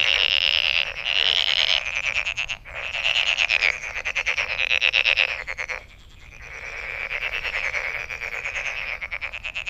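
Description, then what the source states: Frog chorus with loud bursts of rapid pulsed trills separated by short pauses, one clear gap near the middle before calling resumes. Recorded 23 May 2008.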